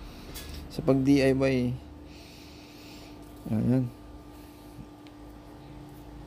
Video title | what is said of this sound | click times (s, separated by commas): Paano magpalit ng fuel Filter ni Barako 3, step by step | So yan, pag lumagitik, nakalak na yan mga boss. | 5.1 s